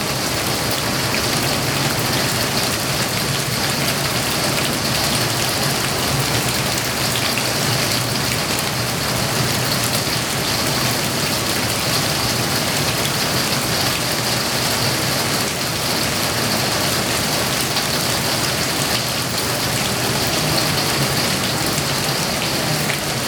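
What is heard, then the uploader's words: Heavy rain pours down steadily for the whole stretch, a dense, unbroken hiss of drops with a bright sizzling edge. Beneath it runs a faint low rumble, like city traffic, while the level stays constant with no distinct events standing out. Busy Berlin City. Even tho it rains heavily Berlin never sleeps.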